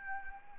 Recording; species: mosquito wingbeat signal from an infrared sensor; Anopheles arabiensis